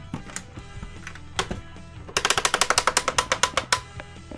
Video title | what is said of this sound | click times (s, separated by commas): DX Rider Gashat Case & Proto Gekitotsu Gashat | Yeah, and a nice clicking sound, right? So | 2.3 s, 2.5 s, 2.6 s, 2.7 s, 2.8 s, 3.7 s